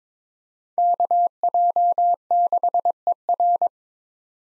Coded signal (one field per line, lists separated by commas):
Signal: Morse code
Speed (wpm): 22 wpm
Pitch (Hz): 700 Hz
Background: none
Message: KJ6ER